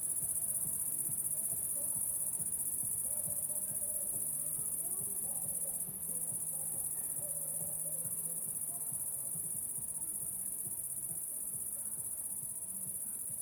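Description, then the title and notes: Cricket chorus: a steady, high, unbroken trill runs throughout, with low rhythmic pulsing underneath. Recorded at La Sablière, Saint-Privat-de-Champclos, France, with a Zoom H6 and M/S microphone. "30430 Saint-Privat-de-Champclos, France - cricket la sabliére. cricket la sabliére Captation : ZOOMH6 + M/S Microphone"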